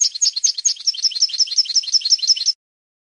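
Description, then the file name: European goldfinch song, a quick rolling series of sharp tinkling notes, about two and a half seconds long, then silence. "audio burung goldfinch"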